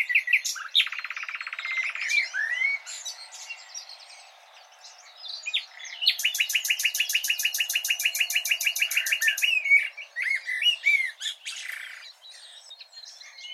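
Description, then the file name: Common nightingale song: a fast buzzy trill near the start, varied whistled phrases, then a long loud rattling series of rapid repeated notes for about four seconds. "Luscinia megarhynchos"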